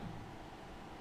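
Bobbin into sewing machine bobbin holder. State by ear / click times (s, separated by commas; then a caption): not seated / none. A bobbin is being handled at a sewing machine's bobbin holder, with a slightly louder low rumble in the first tenth of a second before a steady, even hiss continues to the end. Nothing has seated or clicked yet in this one-second clip.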